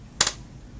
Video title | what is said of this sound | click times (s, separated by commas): How to assemble a Graco Lovin' Hug® Infant Swing | once you hear the two clicks we know it's assembled properly | 0.2 s